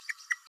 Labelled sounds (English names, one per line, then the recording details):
Green-rumped Parrotlet babbling
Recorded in a nest box in Venezuela
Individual 18B104A3